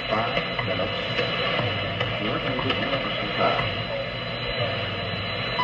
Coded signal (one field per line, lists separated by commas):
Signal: radio time signal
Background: speech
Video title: WWV atomic ⏰ with some information